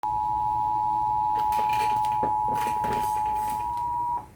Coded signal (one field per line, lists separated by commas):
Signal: Emergency Alert System (SAME) tones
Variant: 853 and 960 Hz attention tone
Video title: EAS Amber Alert System (September 26th, 2020)